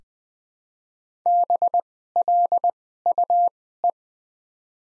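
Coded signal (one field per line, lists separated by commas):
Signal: Morse code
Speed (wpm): 20 wpm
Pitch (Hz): 700 Hz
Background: none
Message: BLUE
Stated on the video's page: Morse practice set of top 500 words at 20 wpm with Farnsworth-style double character spacing.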